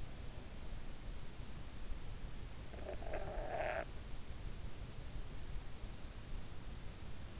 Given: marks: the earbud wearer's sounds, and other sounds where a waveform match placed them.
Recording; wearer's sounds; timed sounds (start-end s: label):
sounds in sleep by an in-ear microphone; snoring breath
2.30-4.76 s: snoring breath